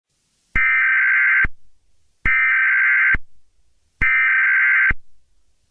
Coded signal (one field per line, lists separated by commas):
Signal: Emergency Alert System (SAME) tones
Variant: header bursts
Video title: (SUMMER SPECIAL) EAS SCENARIO - Hottest Day on Earth